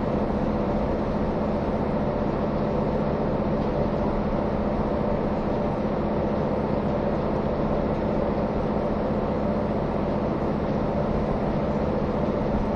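A KiHa 183 series diesel train, the Asoboy! service, runs steadily from start to finish. A dense, even low rumble fills the clip, with a constant droning hum riding on top and faint rattling texture, without clear separate events.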